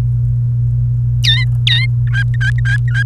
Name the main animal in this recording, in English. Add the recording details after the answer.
Domestic Canary. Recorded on 28 April 2018 at 18:11. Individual llb3